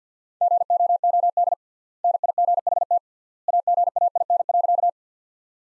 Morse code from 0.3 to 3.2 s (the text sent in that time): GOOD NIGHT